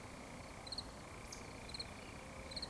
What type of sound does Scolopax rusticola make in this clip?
whistle